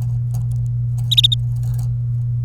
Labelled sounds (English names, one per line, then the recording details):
Domestic Canary song
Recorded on 26 April 2018 at 14:00
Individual llb3